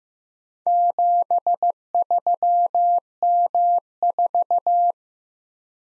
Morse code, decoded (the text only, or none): 73M4